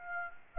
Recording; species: mosquito wingbeat signal from an infrared sensor; Aedes aegypti